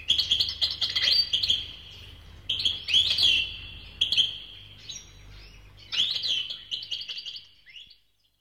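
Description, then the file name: Bird calls: bright, high chirps and twittering notes in quick clusters, pausing briefly between bursts. "uccelli birds"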